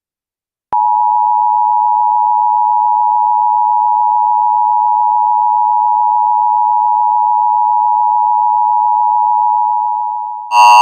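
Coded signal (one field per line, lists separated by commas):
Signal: Emergency Alert System (SAME) tones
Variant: 853 and 960 Hz attention tone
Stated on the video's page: Fictional EAS scenario.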